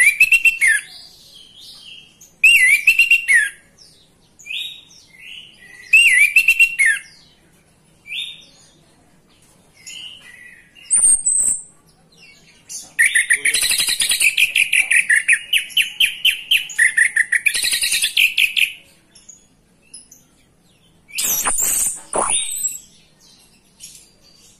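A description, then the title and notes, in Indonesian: An orange-headed thrush sings loudly, in bright repeated phrases at the start, then a long dense run of rapid chattering notes from about 13 to 18 seconds and a sharp final burst near 21 seconds. A faint low hum sits underneath. Anis merah gacor terompet.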